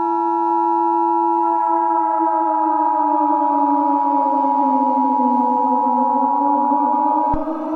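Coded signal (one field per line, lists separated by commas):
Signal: Emergency Alert System (SAME) tones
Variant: 853 and 960 Hz attention tone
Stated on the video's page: Remastered fictional EAS scenario.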